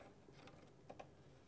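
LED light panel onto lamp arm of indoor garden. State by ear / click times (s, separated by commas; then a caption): not seated / none. The plastic LED light panel of an AeroGarden Ultra (LED) indoor garden is handled and fitted onto the lamp arm, with a low rustling background and short, sharp plastic ticks near 0.5 s, 0.9 s and 1.0 s, the last being the loudest. The panel has not yet snapped onto the arm, and nothing has seated or clicked yet.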